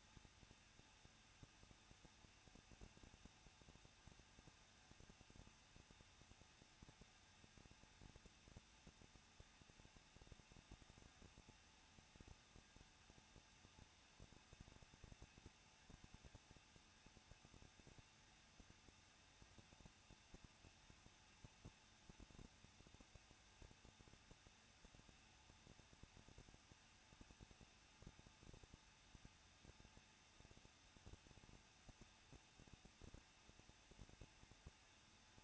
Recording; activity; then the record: daily activity, microphone in the room; no activity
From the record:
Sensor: 2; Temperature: 21.0 degrees Celsius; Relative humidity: 37.5%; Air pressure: 1006.2 hPa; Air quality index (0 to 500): 223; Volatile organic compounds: 25 ppm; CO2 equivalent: 2838 ppm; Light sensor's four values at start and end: 2/3/2/2 and 2/3/2/2